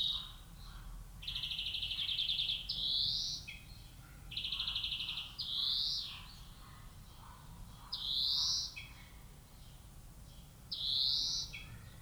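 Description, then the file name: European greenfinch song: buzzy rattling trills and rising nasal wheezes, several phrases, steady and unhurried, with faint background noise. "Chloris chloris"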